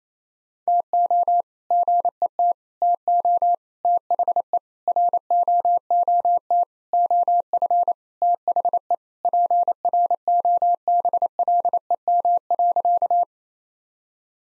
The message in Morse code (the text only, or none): TO GET TO THE ROOT OF THE PROBLEM.